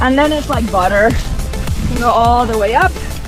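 A NANROBOT D4+ 3.0 electric scooter's metal stem is being raised toward its folding joint, where the folding latch will lock it upright. Someone talks over background music, with soft handling sounds. Nothing has seated or clicked yet.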